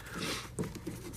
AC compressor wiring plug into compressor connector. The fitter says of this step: You push that in until you hear the click and